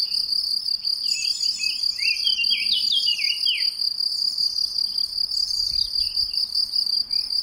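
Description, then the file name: Eurasian blackcap song, a tumbling series of rapid rising and falling notes for a few seconds, set against loud, continuous cricket chirping. "Sylvia atricapilla"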